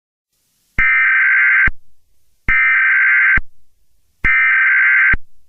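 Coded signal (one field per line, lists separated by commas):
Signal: Emergency Alert System (SAME) tones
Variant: header bursts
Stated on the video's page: Fictional EAS scenario made as a homage, not a real alert.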